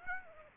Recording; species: mosquito wingbeat signal from an infrared sensor; Aedes aegypti